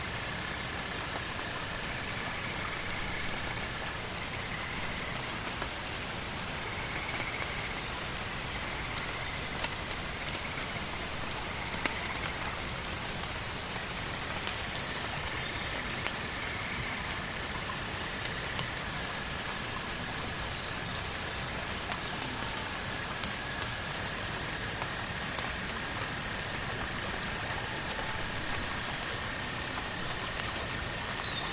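Rain falls steadily on fallen leaves in a forest at night, a dense, even patter with scattered drops ticking through. A constant insect drone, likely cicadas, holds underneath at a bright pitch, swelling slightly now and then.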